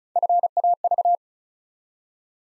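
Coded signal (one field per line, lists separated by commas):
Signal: Morse code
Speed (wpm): 36 wpm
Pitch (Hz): 700 Hz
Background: none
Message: FAV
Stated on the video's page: Morse practice for Instant Character Recognition: six-letter words built up three letters at a time, sent at 35 wpm.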